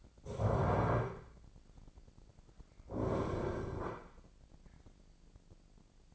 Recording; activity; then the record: daily activity, microphone in the room; stand up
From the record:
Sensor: 5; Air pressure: 1009.3 hPa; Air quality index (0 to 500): 157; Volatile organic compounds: 2 ppm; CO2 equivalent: 1206 ppm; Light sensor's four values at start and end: 278/669/282/308 and 275/663/280/305